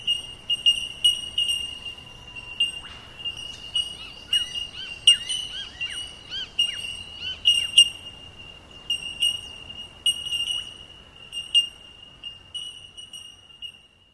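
Bellbird pings, bright metallic notes over a constant ringing background, joined midway by a burst of rising and falling whistles.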